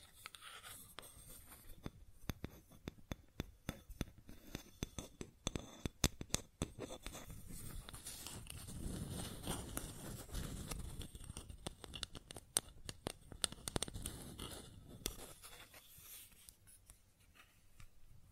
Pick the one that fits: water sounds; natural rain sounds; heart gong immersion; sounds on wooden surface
sounds on wooden surface